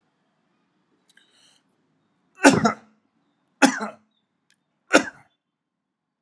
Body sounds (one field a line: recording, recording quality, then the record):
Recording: heavy voluntary cough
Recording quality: excellent, no background noise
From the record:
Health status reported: COVID-19 positive, moderate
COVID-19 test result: positive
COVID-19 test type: RT-PCR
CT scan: not taken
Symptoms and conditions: cough, sore throat, fever, fatigue, muscle pain, another condition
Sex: male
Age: 48 years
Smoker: no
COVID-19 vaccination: both doses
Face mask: worn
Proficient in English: yes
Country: India